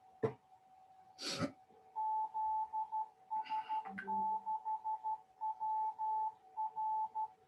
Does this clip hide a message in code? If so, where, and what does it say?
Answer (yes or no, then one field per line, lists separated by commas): yes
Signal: Morse code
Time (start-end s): 2.0-7.3 s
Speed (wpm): 12 wpm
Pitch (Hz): 870 Hz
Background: none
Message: ZS6WR